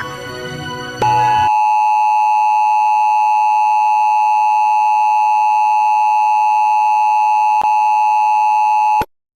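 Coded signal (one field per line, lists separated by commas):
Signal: Emergency Alert System (SAME) tones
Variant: 853 and 960 Hz attention tone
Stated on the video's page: Fictional simulated alert scenario of a Russian nuclear power plant disaster, with warning siren.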